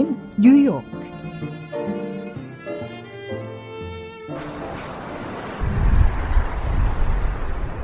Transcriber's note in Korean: 현장음: 뉴욕시 도로